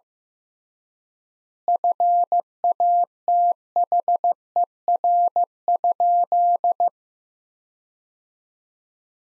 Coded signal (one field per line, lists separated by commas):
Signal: Morse code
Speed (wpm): 16 wpm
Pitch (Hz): 700 Hz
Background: none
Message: FATHER?